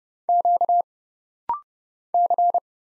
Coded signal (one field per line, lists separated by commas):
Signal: Morse code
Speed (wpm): 29 wpm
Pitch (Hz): 700 Hz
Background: none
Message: Q C